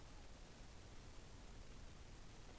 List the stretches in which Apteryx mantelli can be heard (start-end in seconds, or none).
none